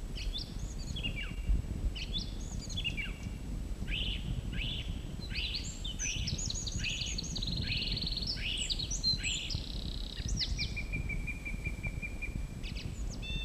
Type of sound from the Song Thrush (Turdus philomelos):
song